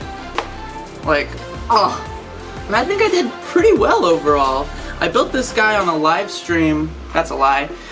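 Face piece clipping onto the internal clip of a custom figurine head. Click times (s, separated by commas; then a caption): 0.4 s. The face piece of a custom figurine is pressed onto its internal clip and bar, which are painted black so they blend in. It snaps into place with a sharp, satisfying click at 0.4 s, and the face is seated. Someone then talks over background music.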